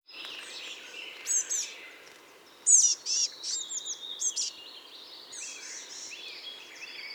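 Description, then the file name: Eurasian blue tit giving high, thin calls mixed with a quick series of chattering notes, sparse at first and then louder in the middle. "Cyanistes caeruleus"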